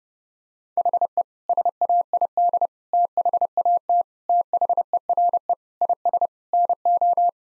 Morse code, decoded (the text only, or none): HE SAID THAT THERE IS NO